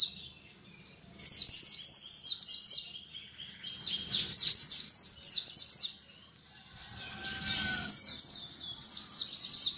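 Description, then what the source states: White-eye song in several bursts of quick, high, descending chirped notes, each run lasting a few seconds, separated by short pauses; a faint low rumble now and then. 'Dakun ngalas ngeroll' song.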